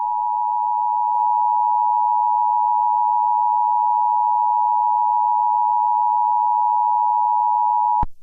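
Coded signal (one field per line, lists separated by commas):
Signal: Emergency Alert System (SAME) tones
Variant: 853 and 960 Hz attention tone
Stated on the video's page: Simulated EAS scenario, not a real alert.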